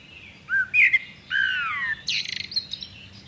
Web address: chant xeno-canto merle noir